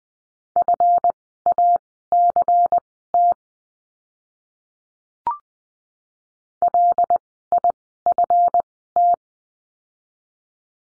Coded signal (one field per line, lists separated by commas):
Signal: Morse code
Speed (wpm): 20 wpm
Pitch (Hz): 700 Hz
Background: none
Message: FACT LIFT